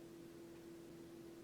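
A palomar-style dropshot knot in fishing line is being handled at the metal eyelet of a hook. Only a steady low hum and faint broadband hiss are heard, with no distinct snap. Nothing has clicked yet: the knot has not pulled through the eyelet, and the hook has not settled on top of the knot.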